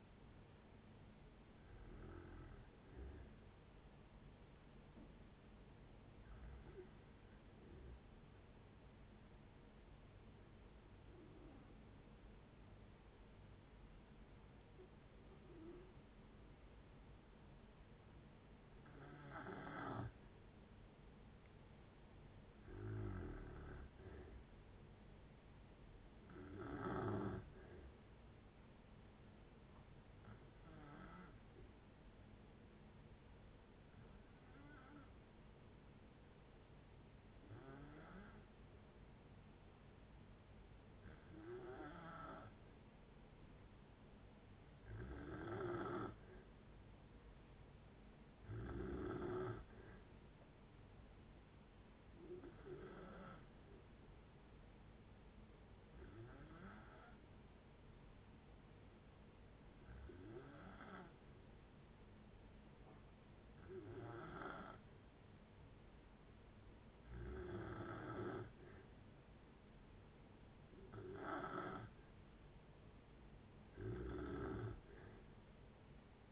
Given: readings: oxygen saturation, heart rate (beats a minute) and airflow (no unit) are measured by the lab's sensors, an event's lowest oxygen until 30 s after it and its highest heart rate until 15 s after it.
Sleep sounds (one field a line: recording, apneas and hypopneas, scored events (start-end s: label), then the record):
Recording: breathing in sleep by a voice recorder at the bedside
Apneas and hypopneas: 3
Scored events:
6.00-21.40 s: hypopnea (N2, oxygen 97% highest, then 91% lowest)
9.00-39.00 s: new sleep stage, N1 (lightest sleep)
32.00-46.70 s: hypopnea (N1, oxygen 95% highest, then 91% lowest)
39.00-69.00 s: new sleep stage, N2 (light sleep)
59.00-71.70 s: hypopnea (N2, oxygen 94% highest, then 89% lowest)
69.00-76.32 s: new sleep stage, N1 (lightest sleep)
From the record:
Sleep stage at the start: N2 (light sleep)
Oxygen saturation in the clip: 91 to 97%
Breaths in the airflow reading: 19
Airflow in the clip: -7.4 to 5.4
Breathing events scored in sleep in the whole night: 496 in 5.4 hours asleep